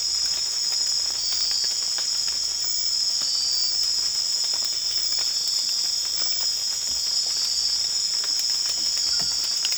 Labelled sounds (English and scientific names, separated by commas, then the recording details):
none
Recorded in secondary vegetation near Puerto Asís, Putumayo, Colombia, on 25 June 2025 at 00:00
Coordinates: 0.485, -76.322
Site GP06